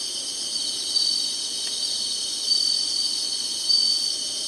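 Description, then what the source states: Insects in a dense, continuous high buzzing chorus, with a few slightly louder pulses. Singing, in summer.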